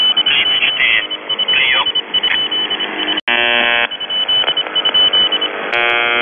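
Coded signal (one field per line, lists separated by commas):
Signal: channel marker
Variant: UVB-76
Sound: two harsh buzzes through shortwave noise, with a keyed beeping tone over the top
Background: radio static, Morse-like interference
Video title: The Buzzer/UVB-76(4625Khz) September 28, 2021 16:00UTC Voice message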